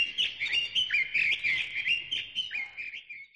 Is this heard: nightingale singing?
yes